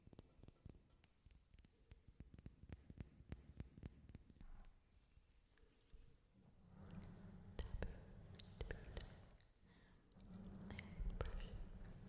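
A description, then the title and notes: Assorted ASMR triggers are made while a storm rolls in: a quick run of sharp taps and clicks fills the first four and a half seconds. After a quieter stretch, a low steady rumble swells around seven seconds and again near eleven, with scattered louder knocks. Fading In and Out | Assorted Triggers. Tonight, I do some fun, basic triggers as a storm rolls in.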